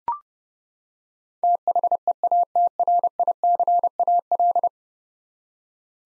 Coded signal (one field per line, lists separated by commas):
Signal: Morse code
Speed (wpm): 30 wpm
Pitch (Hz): 700 Hz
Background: none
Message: THEATRICAL